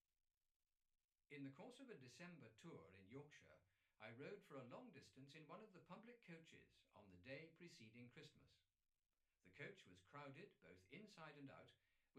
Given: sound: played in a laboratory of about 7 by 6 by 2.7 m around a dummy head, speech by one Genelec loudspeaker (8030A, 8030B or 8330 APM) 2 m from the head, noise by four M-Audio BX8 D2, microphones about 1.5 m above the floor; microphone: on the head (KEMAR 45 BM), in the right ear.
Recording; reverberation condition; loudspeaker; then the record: male speech in English; low; behind (180 degrees)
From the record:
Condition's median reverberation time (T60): about 310 ms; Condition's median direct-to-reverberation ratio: about 3.5 dB